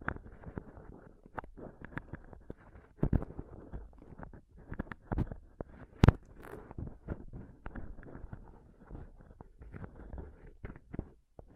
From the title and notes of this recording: ASMR Intense Mic Scratching & Touching Close-Up Mic Sounds (No Talking).